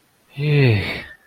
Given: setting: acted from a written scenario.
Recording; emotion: vocal sound without words; relief